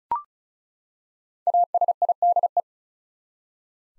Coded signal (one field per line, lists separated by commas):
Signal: Morse code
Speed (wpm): 36 wpm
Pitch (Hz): 700 Hz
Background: none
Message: ASIDE